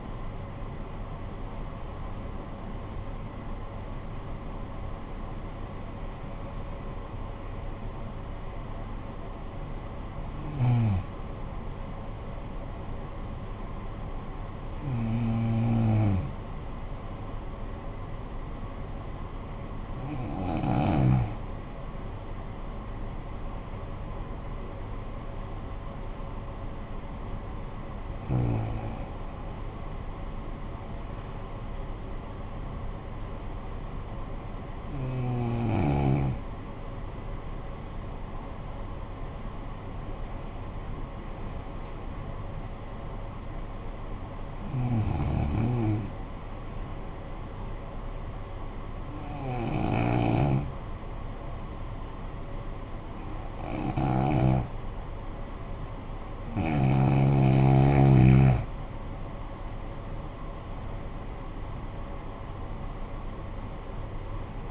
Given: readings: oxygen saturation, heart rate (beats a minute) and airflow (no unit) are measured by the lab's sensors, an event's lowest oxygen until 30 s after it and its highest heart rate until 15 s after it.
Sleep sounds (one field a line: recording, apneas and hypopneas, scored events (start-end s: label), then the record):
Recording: breathing in sleep by a smartphone at the bedside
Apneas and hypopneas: 2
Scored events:
18.00-29.40 s: hypopnea (N1, oxygen 95% highest, then 91% lowest, heart rate 52 at the start, 62 highest)
48.00-59.40 s: hypopnea (N1, oxygen 95% highest, then 89% lowest, heart rate 51 at the start, 59 highest)
55.00-64.71 s: new sleep stage, N2 (light sleep)
From the record:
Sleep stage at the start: N1 (lightest sleep)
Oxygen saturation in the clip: 91 to 95%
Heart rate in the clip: 49 to 62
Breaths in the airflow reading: 14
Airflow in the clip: -12.0 to 10.6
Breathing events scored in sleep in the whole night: 445 in 7.6 hours asleep